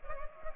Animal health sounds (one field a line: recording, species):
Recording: mosquito wingbeat signal from an infrared sensor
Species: Culex pipiens